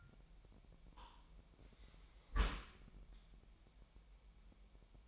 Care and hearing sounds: daily activity, microphone in the room; close dishwasher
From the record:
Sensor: 1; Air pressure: 998.2 hPa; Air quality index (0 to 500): 139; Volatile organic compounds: 4 ppm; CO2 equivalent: 1662 ppm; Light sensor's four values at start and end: 16/54/22/22 and 16/54/22/22

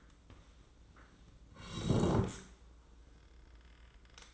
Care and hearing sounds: daily activity, microphone in the room; sit down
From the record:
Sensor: 3

